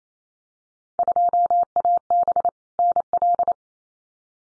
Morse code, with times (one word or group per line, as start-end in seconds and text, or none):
1.0-2.5 2AB
2.8-3.5 NL